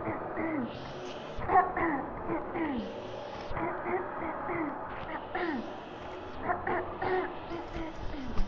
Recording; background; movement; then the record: throat clearing; traffic; sitting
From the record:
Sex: female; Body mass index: 18.8 kg/m2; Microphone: on the chest, facing the body